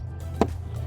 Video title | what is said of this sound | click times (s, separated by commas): Digital Rearview Camera Relocation Kit 22-24 Tundra (2024 Tacoma) | press up until you hear click | 0.4 s